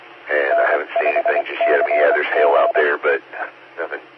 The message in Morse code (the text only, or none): N5CG